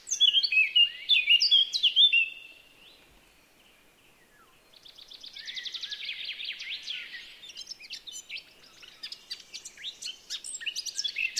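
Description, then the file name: Eurasian blackcap song, a loud fluty warble for two seconds, a pause, then a rapid scratchy rattled series and further twittering, chirping phrases. "Sylvia atricapilla"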